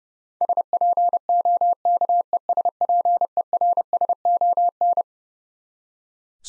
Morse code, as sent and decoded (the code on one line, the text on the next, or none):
... .--. --- -.- . ... .--. . .-. ... --- -.
SPOKESPERSON